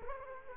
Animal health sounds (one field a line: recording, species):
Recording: mosquito wingbeat signal from an infrared sensor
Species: Culex quinquefasciatus